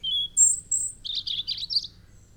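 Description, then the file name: European robin song: a clear thin whistle, two very high drawn notes, then a quick jumbled tinkling warble. "Erithacus rubecula"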